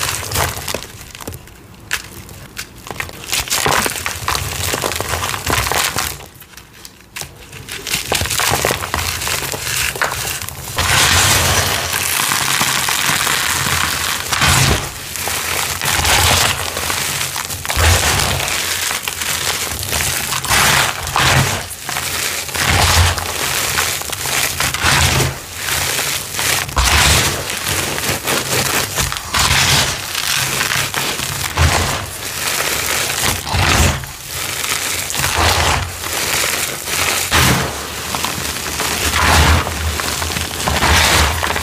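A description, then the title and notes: Cornstarch crunchies and dyed gym chalk being crushed and crumbled, a dense run of crisp, gritty crackles that barely lets up. Sharper snaps pop out every second or so, with a brief pause near seven seconds, over a faint low hum underneath. Crispy, crunchy, flaky, gritty cornstarch crunchies and dyed gym chalk crumbling.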